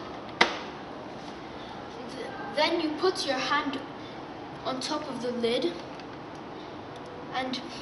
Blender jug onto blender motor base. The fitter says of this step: and carefully attach it to the blender until it clicks